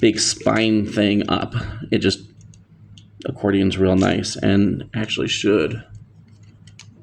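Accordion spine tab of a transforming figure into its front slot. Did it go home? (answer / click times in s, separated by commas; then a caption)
yes / 6.8 s. Someone talks while the folded plastic accordion spine section of a transforming action figure is pushed into place during a transformation. A sharp plastic click at 6.8 s marks its tab locking securely into the slot at the front.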